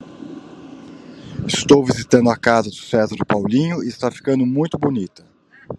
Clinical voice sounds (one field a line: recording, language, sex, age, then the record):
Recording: spoken sentence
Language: Brazilian Portuguese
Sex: male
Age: 60 to 69 years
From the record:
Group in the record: control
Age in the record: 65 years